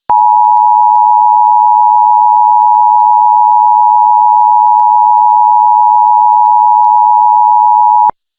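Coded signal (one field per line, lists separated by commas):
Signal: Emergency Alert System (SAME) tones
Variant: 853 and 960 Hz attention tone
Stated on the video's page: Simulated EAS scenario.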